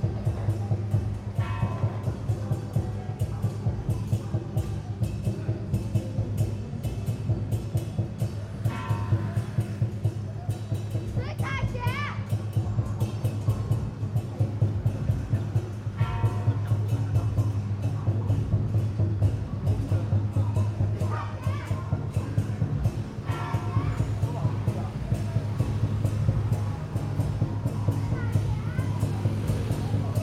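A street procession scene at the lane by Shude Park: a dense, steady crowd din with a strong low rumble throughout. Voices and children's calls rise above it now and then, around 2, 9, 12, 16 and 21 seconds, amid frequent sharp clicks and knocks.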